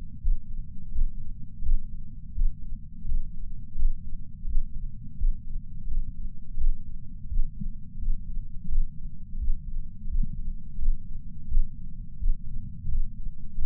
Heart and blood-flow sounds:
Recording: heart sounds by patch sensor on the chest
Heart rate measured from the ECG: 85 bpm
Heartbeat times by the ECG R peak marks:
0.19 s: heartbeat
0.91 s: heartbeat
1.62 s: heartbeat
2.33 s: heartbeat
3.05 s: heartbeat
3.75 s: heartbeat
4.45 s: heartbeat
5.16 s: heartbeat
5.87 s: heartbeat
6.57 s: heartbeat
7.27 s: heartbeat
7.98 s: heartbeat
8.68 s: heartbeat
9.37 s: heartbeat
10.08 s: heartbeat
10.78 s: heartbeat
11.47 s: heartbeat
12.17 s: heartbeat
12.88 s: heartbeat
13.58 s: heartbeat
From the record:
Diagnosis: coronary artery disease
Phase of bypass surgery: postoperative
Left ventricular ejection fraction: 60%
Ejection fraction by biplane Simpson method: 61.8%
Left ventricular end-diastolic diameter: 47 mm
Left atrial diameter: 40 mm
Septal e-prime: 4.5 cm/s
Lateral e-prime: 6.3 cm/s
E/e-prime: 20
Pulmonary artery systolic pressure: 28 mmHg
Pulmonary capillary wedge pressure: 14 mmHg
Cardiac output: 5.9 L/min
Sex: male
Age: 62 years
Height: 165 cm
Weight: 72 kg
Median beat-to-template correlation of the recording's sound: 0.87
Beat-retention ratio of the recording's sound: 1.00

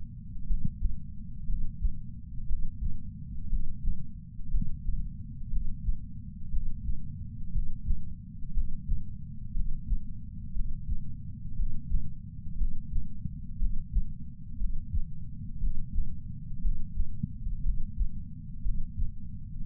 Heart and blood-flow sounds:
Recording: heart sounds by patch sensor on the chest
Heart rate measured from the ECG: 59 bpm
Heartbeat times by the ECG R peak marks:
0.48 s: heartbeat
1.48 s: heartbeat
2.48 s: heartbeat
3.51 s: heartbeat
4.52 s: heartbeat
5.51 s: heartbeat
6.52 s: heartbeat
7.54 s: heartbeat
8.55 s: heartbeat
9.55 s: heartbeat
10.54 s: heartbeat
11.58 s: heartbeat
12.59 s: heartbeat
13.60 s: heartbeat
14.59 s: heartbeat
15.61 s: heartbeat
16.63 s: heartbeat
17.64 s: heartbeat
18.64 s: heartbeat
19.66 s: heartbeat
From the record:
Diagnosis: coronary artery disease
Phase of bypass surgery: preoperative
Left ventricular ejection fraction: 41.8%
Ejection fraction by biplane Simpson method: 39%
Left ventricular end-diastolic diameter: 62 mm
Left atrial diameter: 43 mm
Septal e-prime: 3 cm/s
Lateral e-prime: 8 cm/s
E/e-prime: 13.6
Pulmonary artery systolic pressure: 41 mmHg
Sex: male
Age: 69 years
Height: 165 cm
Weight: 60 kg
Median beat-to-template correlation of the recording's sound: 0.79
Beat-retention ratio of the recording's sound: 0.99

